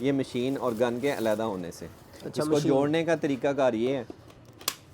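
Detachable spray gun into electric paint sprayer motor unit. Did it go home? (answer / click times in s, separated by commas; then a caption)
yes / 4.7 s. A detachable spray gun is pushed onto the motor unit of an electric paint sprayer and locks in place. A man talks for most of the clip, then a few quiet clicks near 4.3–4.6 s lead to a sharp snap at 4.7 s as the gun seats.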